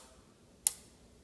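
A 2.5 mm allen wrench tightens the click adjuster screw in the quick release lever of a Bluto bike fork. One loud, sharp detent click sounds at 0.7 s against a quiet background, and the screw seats into its detent.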